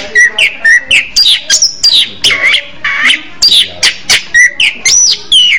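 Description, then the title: Orange-headed thrush song, a loud, rapid run of varied notes: sharp chirps, rising and falling whistles and harsh squawky phrases delivered almost without pause. "Anis Merah"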